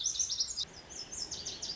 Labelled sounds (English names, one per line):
Lazuli Bunting